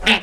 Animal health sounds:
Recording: pig call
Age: piglet (1 to 25 days)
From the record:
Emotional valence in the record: negative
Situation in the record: crushing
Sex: female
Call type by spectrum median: low-frequency call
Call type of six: low-frequency tonal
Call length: 0.23 s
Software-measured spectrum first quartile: 852 Hz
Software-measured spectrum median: 2132 Hz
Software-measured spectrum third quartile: 2919 Hz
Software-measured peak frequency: 2674 Hz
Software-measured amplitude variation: 179 dB a second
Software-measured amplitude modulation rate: 13.3 a second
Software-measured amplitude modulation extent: 13.5 dB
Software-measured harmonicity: 1.6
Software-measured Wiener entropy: -1.22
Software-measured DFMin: 943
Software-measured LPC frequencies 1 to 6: 711, 1883, 2712, 5520, 6265, 7068 Hz

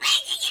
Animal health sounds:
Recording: pig call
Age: piglet (1 to 25 days)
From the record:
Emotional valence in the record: negative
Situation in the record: castration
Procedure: castration, cut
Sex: male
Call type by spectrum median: high-frequency call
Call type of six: high-frequency stable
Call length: 0.51 s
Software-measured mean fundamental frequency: 277 Hz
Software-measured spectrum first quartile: 2987 Hz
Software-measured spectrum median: 3586 Hz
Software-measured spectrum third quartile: 5108 Hz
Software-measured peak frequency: 3186 Hz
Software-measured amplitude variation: 172 dB a second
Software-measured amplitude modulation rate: 14.7 a second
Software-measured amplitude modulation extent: 11.7 dB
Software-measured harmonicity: 4.4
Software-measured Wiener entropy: -2.44

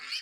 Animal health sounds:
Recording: pig call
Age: piglet (1 to 25 days)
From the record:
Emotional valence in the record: positive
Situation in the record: reunion after long isolation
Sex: female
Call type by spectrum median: high-frequency call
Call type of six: low-frequency tonal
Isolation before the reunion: 8 minutes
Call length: 0.22 s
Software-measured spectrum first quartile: 2524 Hz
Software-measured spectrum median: 3733 Hz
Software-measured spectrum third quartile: 4808 Hz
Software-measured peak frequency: 4530 Hz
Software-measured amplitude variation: 107 dB a second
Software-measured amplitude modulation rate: 11.3 a second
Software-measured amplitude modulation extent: 9.5 dB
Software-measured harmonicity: 1.9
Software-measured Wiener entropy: -1.93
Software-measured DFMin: 1021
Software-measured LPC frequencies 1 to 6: 1359, 2432, 3029, 4480, 5048, 7118 Hz

